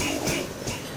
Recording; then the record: coughing mixed with background sound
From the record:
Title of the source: Spring Cold Coughing 2